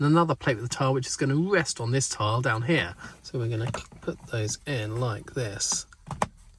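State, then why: Seated. Someone talks while plastic toy brick air tank pieces, two Technic pins plus plate-and-tile pieces, are pressed into the locking slots of a plastic Technic brick. Two sharp clicks follow at 6.1 s and 6.2 s as the air tank parts seat firmly in place.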